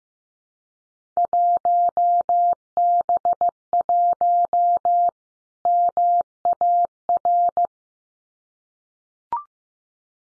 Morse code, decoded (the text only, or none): 1B1 MAR